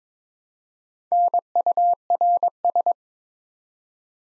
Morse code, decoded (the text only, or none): NURS